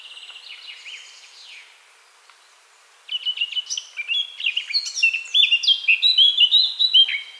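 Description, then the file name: Eurasian blackcap song: faint chattering notes, a brief lull, then a loud, fast warble of varied chirps and clear whistles over the last four seconds. "Sylvia atricapilla"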